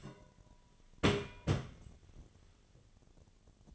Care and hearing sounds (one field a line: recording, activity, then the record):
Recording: daily activity, microphone in the room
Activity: place on stove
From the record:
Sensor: 4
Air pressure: 1010.8 hPa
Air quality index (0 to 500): 168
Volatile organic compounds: 5 ppm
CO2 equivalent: 1706 ppm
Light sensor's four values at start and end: 40/113/45/46 and 40/114/46/47